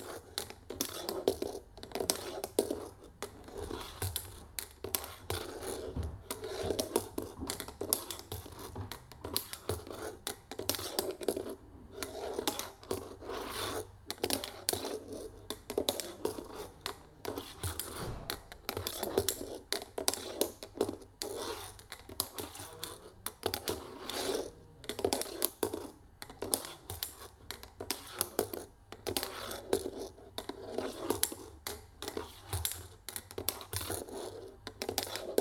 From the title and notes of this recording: The soundscapes are constructed from recordings of simple autonomous kinetic drawing apparatus that were set up and left to operate for extended periods of time without intervention. Each apparatus is a unique combination of modified turntable, found objects, rods, cables, and pens, in an assemblage suspended from a camera tripod. The sounds were manipulated by layering, time shifting, EQ and other simple effects.